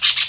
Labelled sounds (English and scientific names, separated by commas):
Brown-throated Parakeet (Eupsittula pertinax) contact call